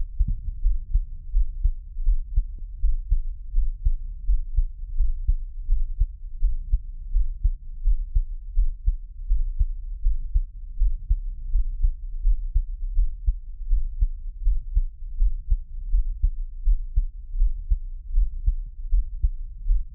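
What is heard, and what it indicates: Soft, deep thumps repeat steadily at about 82 beats a minute for the whole clip, with no talking over them. It is an adult's own heartbeat heard up close, made for ASMR listening. The rhythm is ordinary and regular.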